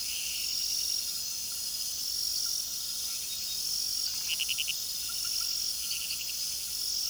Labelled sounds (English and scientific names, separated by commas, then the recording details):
none
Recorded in pastures near Puerto Asís, Putumayo, Colombia, on 19 February 2024 at 02:00
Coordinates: 0.466, -76.323
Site G6384